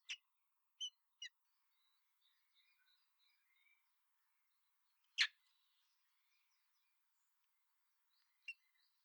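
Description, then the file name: Common blackbird calls: a few short, sharp high notes scattered throughout. "Turdus merula"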